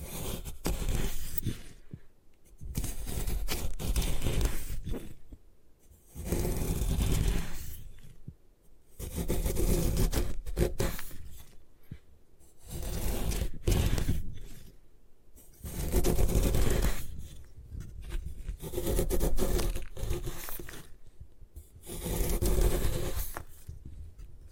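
Gym chalk being crushed and scraped in repeated bursts of gritty, crumbly rubbing, each a couple seconds long, separated by short quiet pauses.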